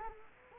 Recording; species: mosquito wingbeat signal from an infrared sensor; Culex quinquefasciatus